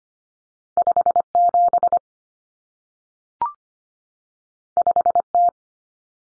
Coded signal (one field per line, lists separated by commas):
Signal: Morse code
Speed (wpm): 25 wpm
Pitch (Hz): 700 Hz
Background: none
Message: 57 5T